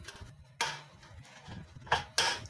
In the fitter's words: Tarik sampai dia telinga dia kembang eh. Dia dah lock ah.